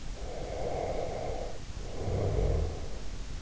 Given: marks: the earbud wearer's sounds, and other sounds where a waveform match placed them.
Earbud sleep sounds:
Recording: sounds in sleep by an in-ear microphone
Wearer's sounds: snoring breath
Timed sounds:
0.14-3.23 s: snoring breath

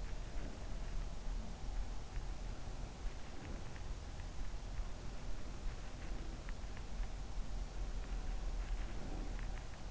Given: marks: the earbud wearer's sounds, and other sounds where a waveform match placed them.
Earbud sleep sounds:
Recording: sounds in sleep by an in-ear microphone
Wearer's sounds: breath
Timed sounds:
0.00-0.95 s: breath
2.90-3.68 s: breath
8.55-9.59 s: breath

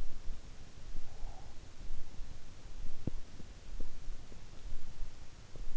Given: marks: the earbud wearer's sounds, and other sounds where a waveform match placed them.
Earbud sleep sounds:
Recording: sounds in sleep by an in-ear microphone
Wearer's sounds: breath, teeth grinding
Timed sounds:
0.81-1.79 s: breath
2.84-4.78 s: teeth grinding

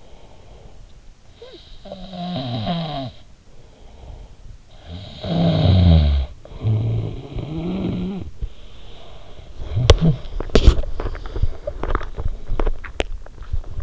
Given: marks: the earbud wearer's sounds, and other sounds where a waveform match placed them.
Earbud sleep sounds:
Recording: sounds in sleep by an in-ear microphone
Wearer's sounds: snoring breath, breath, talking in sleep, teeth grinding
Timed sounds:
0.00-8.55 s: snoring breath
8.55-10.57 s: breath
9.60-10.32 s: talking in sleep
9.60-13.83 s: teeth grinding

